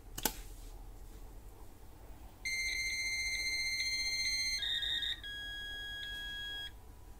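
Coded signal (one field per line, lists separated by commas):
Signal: 300-baud modem data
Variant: V.21 300 baud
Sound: a click, a steady high whistle, then a slightly lower tone with a faint flutter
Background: quiet room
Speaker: and then from here i will write here a t a i mean ata for answer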